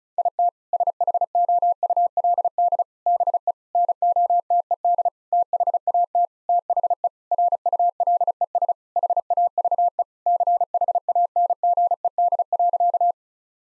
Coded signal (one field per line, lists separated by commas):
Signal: Morse code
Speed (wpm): 34 wpm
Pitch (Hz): 700 Hz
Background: none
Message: IT SHOULD BE NOTED THAT THE RULES HAVE CHANGED.